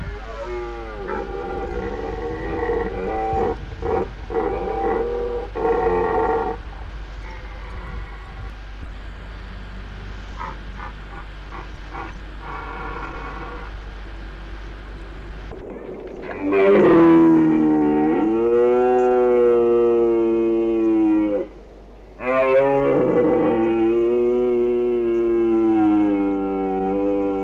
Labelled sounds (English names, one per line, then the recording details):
Red Deer courtship call
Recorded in the wild
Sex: male
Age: adult
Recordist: Meyer, Hugo